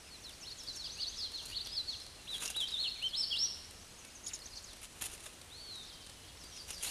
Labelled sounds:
Hooded Warbler (Setophaga citrina) song
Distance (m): 15 m
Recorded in a Pennsylvania forest on 18 May 2023 at 12:50
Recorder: AudioMoth, point grid1_35_low
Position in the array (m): 157 m, 154 m

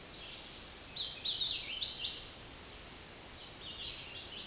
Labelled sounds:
Hooded Warbler (Setophaga citrina) song
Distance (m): 10 m
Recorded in a Pennsylvania forest on 18 May 2023 at 10:15
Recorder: AudioMoth, point grid1_16_low
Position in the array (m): 228 m, 139 m

